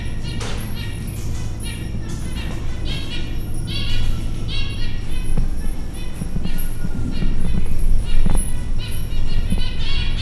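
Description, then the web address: Zebra finch calls: short nasal, buzzy beeps repeated in quick irregular bursts over steady low rumbling background noise. Recorded at a zoo in Győr in 2014. "allathangok gyorizoo 2014. zebrapinty zajok"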